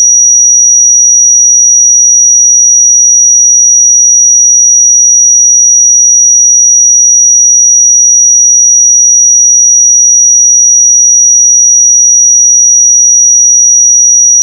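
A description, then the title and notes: A pure sine tone holds at 5789 Hz for the full fourteen seconds, a single thin, bright whistle. Its pitch and loudness never waver, and there is no other sound behind it, only the tone cutting off abruptly at the very end. 5789 Hz 1 Hz Interval Sine Pure Tone Frequency 441000 Sample Mono.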